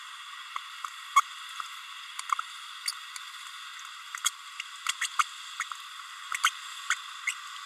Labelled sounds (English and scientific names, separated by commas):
Green-rumped Parrotlet (Forpus passerinus) babbling